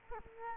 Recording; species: mosquito wingbeat signal from an infrared sensor; Culex quinquefasciatus